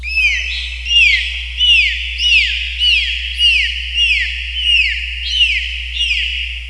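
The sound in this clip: Dolphin whistles: arched, downward-curving high whistles with harmonics, repeated roughly every two-thirds of a second over a steady low hum.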